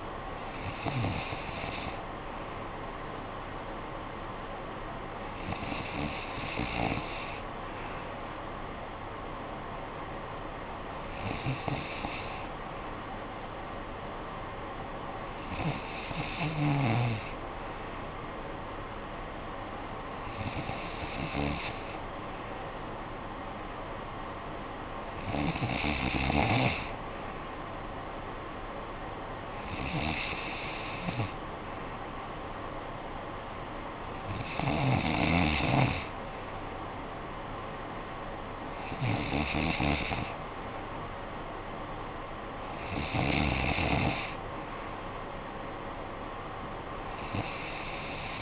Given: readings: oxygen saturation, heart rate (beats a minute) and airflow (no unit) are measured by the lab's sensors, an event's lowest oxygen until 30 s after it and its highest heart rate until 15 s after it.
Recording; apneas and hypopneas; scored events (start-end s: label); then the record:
breathing in sleep by a voice recorder at the bedside; none
none scored
From the record:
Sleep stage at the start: N2 (light sleep); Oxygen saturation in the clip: 93 to 94%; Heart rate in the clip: 54 to 63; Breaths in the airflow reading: 10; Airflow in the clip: -9.1 to 5.9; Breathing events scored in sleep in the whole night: 445 in 7.6 hours asleep